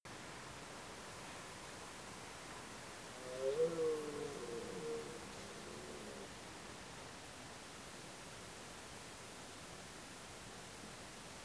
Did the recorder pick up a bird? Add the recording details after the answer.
no. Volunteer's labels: Cervus elaphus brame. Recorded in France